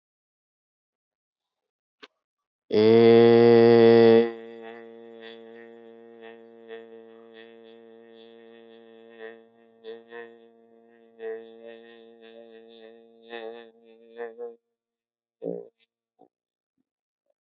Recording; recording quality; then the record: sustained vowel as in made; excellent, no background noise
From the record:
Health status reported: healthy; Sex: male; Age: 25 years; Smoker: yes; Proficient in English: yes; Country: India